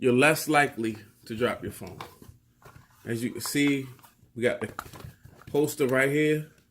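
A phone in a rugged plastic case is handled near a hard plastic belt holster clip while someone talks throughout. No snap is heard; the case has not yet seated or clicked into the holster.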